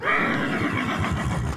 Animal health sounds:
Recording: contact call of a hoofed animal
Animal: horse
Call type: whinny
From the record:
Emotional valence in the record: negative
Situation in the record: separation from one group member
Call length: 1.58 s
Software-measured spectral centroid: 1960 Hz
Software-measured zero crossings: 2030 a second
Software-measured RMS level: -24 dBFS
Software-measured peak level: -10 dBFS

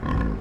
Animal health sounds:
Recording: contact call of a hoofed animal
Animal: wild boar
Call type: grunt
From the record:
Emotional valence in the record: positive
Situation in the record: food anticipation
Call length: 0.41 s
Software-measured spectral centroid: 960 Hz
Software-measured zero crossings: 600 a second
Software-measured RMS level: -24 dBFS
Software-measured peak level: -17 dBFS

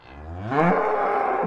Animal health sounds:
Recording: contact call of a hoofed animal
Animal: cattle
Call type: low-frequency (closed-mouth) or high-frequency (open-mouth) call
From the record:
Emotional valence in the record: negative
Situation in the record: separation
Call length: 1.47 s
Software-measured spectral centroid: 1080 Hz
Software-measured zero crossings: 1390 a second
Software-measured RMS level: -23 dBFS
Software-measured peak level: -6 dBFS

